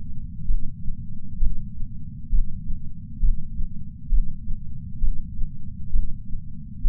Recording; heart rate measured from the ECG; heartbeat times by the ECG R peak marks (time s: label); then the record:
heart sounds by patch sensor on the chest; 66 bpm
0.44 s: heartbeat
1.37 s: heartbeat
2.28 s: heartbeat
3.18 s: heartbeat
4.08 s: heartbeat
4.98 s: heartbeat
5.89 s: heartbeat
6.80 s: heartbeat
From the record:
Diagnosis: coronary artery disease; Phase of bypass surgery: intraoperative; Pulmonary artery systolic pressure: 22 mmHg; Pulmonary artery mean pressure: 15 mmHg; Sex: female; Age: 60 years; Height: 158 cm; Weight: 54 kg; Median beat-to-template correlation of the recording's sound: 0.93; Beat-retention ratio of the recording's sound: 0.95